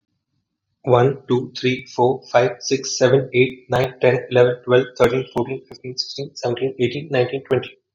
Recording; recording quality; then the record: counting at a fast pace; excellent, no background noise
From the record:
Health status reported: recovered from COVID-19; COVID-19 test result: positive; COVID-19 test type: RT-PCR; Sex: male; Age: 27 years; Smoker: yes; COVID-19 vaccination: both doses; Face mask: not worn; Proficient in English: yes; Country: India